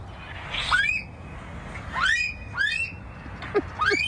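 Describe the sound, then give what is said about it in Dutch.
A played recording of a Himalayan monal, a pheasant-like bird that is Nepal's national bird: loud, rising whistled calls repeat in bursts, each swooping upward in pitch, with a couple of short lower notes near the end over a steady background hiss. “Die is een beetje kleiner dan een soort van fazant. En dat is ook een national vogel van Nepal.”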